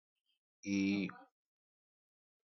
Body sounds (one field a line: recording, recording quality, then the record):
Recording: sustained vowel as in beet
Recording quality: excellent, no background noise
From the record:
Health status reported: healthy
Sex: male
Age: 33 years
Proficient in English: yes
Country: India